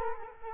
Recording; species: mosquito wingbeat signal from an infrared sensor; Culex quinquefasciatus